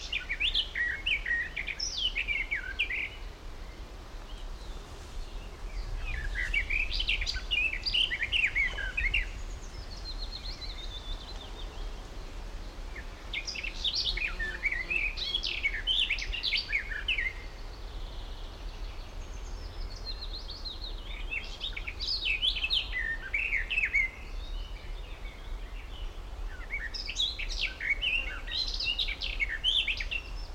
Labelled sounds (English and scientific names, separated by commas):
Garden Warbler (Sylvia borin)